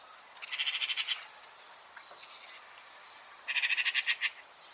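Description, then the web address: Bird calls in two bursts of several rapid, bright, buzzy pulses, with a few faint thin notes between them. "Bird Only"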